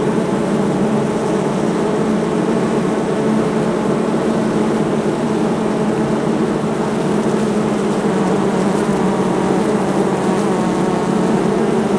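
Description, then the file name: Bees buzzing heavily, a dense steady drone with low humming bands that holds without pause throughout. Several bees, heavy buzzing. "Sound Ideas - Heavy Buzzing from Several Bees"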